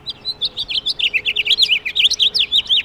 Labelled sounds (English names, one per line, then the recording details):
House Finch song
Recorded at Oakdale on Long Island, New York, on 18 June 2013
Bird B